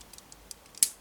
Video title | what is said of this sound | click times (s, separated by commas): Robot Damashii G-Self Review | Like that. You hear a click, and then you're good to go. | 0.8 s